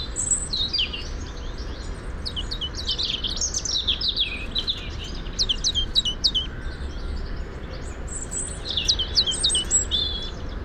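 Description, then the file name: European robin song: bursts of high, thin warbling and trilling notes, over steady low background noise. "Erithacus rubecula"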